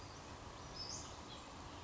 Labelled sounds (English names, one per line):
House Finch